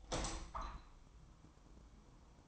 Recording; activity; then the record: daily activity, microphone in the room; open window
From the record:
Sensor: 1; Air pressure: 1004.7 hPa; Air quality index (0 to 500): 114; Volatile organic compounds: 4 ppm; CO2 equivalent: 1582 ppm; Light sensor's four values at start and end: 8/20/8/8 and 8/20/8/9